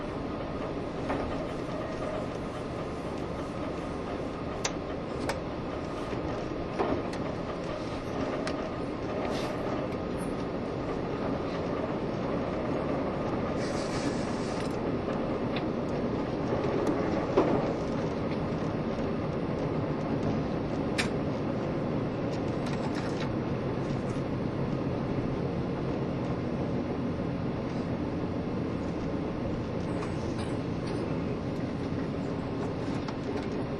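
An old Taiwan Railways EMU1200 electric train with nose-suspended motors races along, its motors growling in a steady, dense low roar throughout. A faint sustained whine sits above the rumble, and brief clicks and clanks from the wheels and car punctuate it every few seconds.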